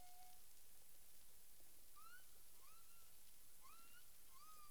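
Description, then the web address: Humpback whale calls: short rising whistled upsweeps with faint harmonics, repeated several times over a steady hiss of background noise. Caribbean, 9 April 2002, 18:06 UTC. "CARIMAM humpback whale 20020409 180653 UTC"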